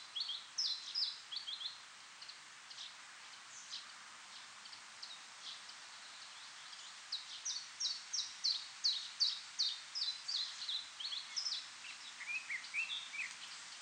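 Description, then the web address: Common chiffchaff song of high, sharp notes in uneven bursts, stepping between two pitches. Turku, Finland; 6 July 2007, 06:05 in the morning. "hlehto. phycol 0605 turku"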